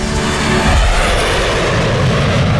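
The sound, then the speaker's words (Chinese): A large jet airliner takes off with a loud, steady jet engine roar, deep low rumble and broad hissing noise holding at full strength throughout, no voices present. “20多年前，第一架有着纯正中国血统的大飞机运十就曾在这里起降。”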